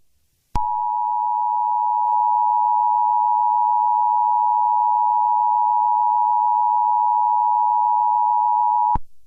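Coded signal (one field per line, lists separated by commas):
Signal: Emergency Alert System (SAME) tones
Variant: 853 and 960 Hz attention tone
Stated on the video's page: Fictional alert scenario.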